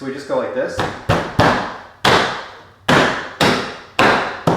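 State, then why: Seated. Someone talks briefly, then a series of sharp snaps and thuds rings out as the reinstalled driver's side door panel of a 1993 Honda Civic, refitted after a window glass replacement, is pressed around its edge so its plastic retaining pins go back into the door shell one by one. Clips snap into place at about 2.1, 2.9, 3.4 and 4.0 seconds, and the panel is seated.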